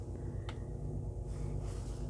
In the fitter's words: a little click